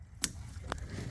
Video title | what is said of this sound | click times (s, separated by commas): SOLVED! 2018-2022 GMC CANYON Strut Assembly Front Leveling Kit Rough Country Easy Method | And make sure you listen for the click. | 0.2 s